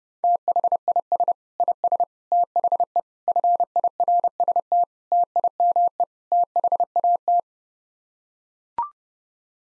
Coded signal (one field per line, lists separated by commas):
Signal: Morse code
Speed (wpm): 32 wpm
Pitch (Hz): 700 Hz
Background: none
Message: THIS IS THE FIRST TIME THAT